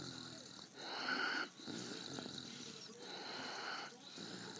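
Rough, rasping snoring from a dog in deep sleep that won't wake, roughly a breath a second, with brief quiet pauses between breaths.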